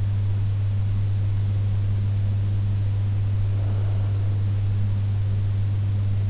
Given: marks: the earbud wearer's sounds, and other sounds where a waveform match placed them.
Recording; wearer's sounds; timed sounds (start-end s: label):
sounds in sleep by an in-ear microphone; breath
2.74-4.74 s: breath